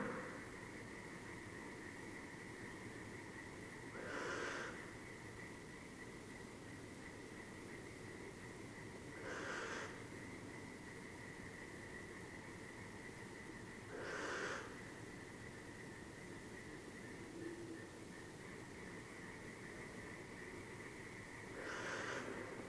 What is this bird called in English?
Western Barn Owl